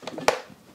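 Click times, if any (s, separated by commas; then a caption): 0.3 s. A magnetic power cable connector is brought to the power port on the back of an Apple iMac 24-inch (2021) all-in-one computer; a couple of faint ticks at about 0.1 and 0.2 s come before it jumps into place with one sharp snap at 0.3 s. It seats by itself because the connector is magnetic, and the sound fades quickly afterward.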